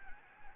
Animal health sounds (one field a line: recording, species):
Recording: mosquito wingbeat signal from an infrared sensor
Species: Anopheles gambiae